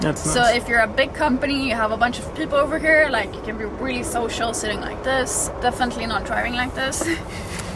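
A rotating cab seat in a Mercedes XXL Sprinter van is turned back toward its driving position on its swivel base while someone talks over faint background noise. The clip ends just before the seat reaches its swivel lock, so nothing has seated or clicked yet.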